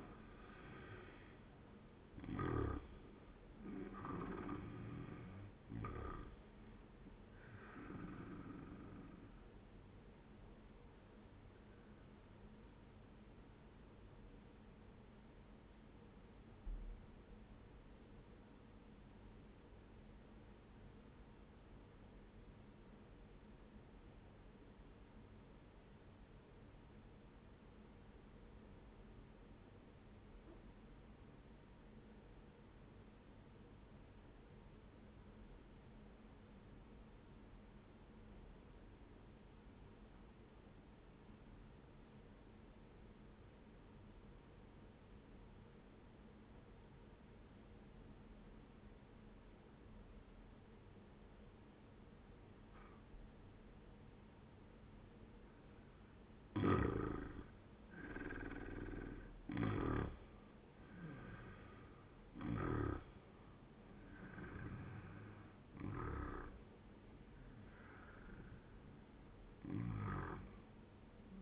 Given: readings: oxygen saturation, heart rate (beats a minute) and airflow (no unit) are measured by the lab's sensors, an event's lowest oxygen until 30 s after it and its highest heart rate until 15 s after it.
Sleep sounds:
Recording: breathing in sleep by a voice recorder at the bedside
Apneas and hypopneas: 1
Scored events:
17.00-56.10 s: obstructive apnea (N1, oxygen 98% highest, then 88% lowest)
From the record:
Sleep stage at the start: N1 (lightest sleep)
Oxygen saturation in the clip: 89 to 98%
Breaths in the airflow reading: 7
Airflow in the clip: -12.1 to 15.6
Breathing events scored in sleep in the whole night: 131 in 7.2 hours asleep

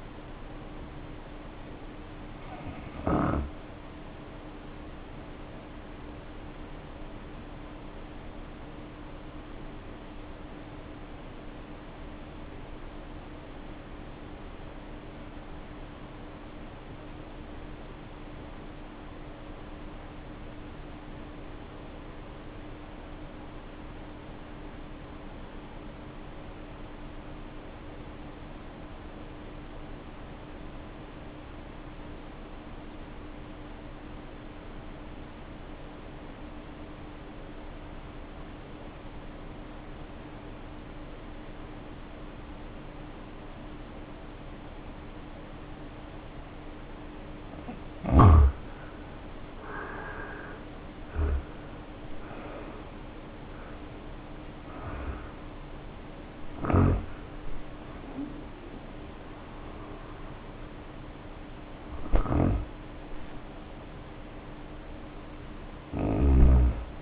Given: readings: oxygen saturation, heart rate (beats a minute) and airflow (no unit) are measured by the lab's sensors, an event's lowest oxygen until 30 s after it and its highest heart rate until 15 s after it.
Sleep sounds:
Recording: breathing in sleep by a voice recorder at the bedside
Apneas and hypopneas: 1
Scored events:
5.00-48.00 s: hypopnea (N1, oxygen 91% highest, then 70% lowest, heart rate 53 at the start, 78 highest)
59.00-67.02 s: new sleep stage, REM sleep
From the record:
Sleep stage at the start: N1 (lightest sleep)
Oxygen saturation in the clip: 71 to 91%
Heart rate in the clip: 52 to 78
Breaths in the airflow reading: 20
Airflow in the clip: -3.9 to 3.8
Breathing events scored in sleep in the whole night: 520 in 7.2 hours asleep

